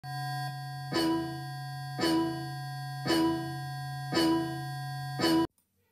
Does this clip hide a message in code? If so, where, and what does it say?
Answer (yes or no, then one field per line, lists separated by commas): no